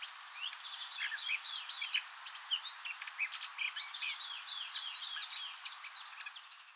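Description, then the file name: Eurasian blackcap giving a continuous stream of quick high chirps and twittering notes, with soft background hiss throughout. "Sylvia atricapilla"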